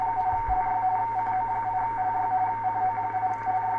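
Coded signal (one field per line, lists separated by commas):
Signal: RTTY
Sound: warbling two-tone keying, rapid alternation between two close pitches over hiss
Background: radio static, low hum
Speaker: so that's what a ready signal sounds like while you're looking around uh they come in bursts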